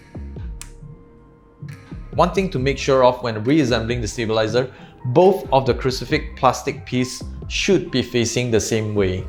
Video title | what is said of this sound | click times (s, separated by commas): Lubing Switches for the 1st time! | You'll actually feel or hear a small clicking sound once it's locked. | 0.6 s